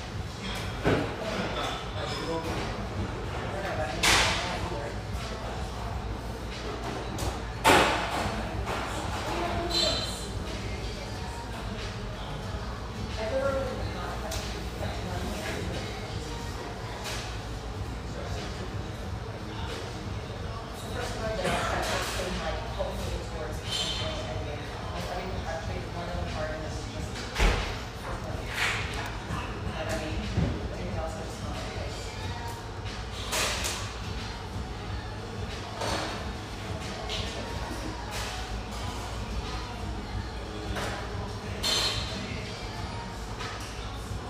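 A steady hum of voices fills an espresso house, with a constant low drone underneath and overlapping conversation throughout. Sharp clatters and knocks, like cups, doors or objects set down, break through every few seconds, most prominently around 4, 8, 22 and 27 seconds.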